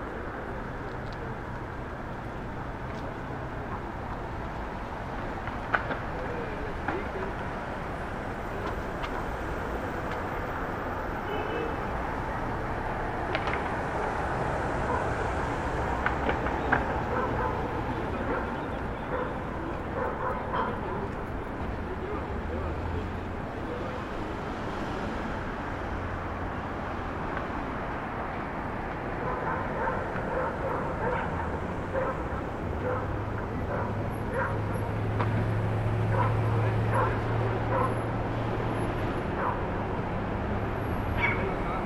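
A rooftop recording over Starr Street and Irving Avenue in Brooklyn, facing Maria Hernandez park: a steady wash of traffic and city hum with scattered voices and short clicks throughout. A low engine drone rises after about thirty seconds, and a dog may bark briefly.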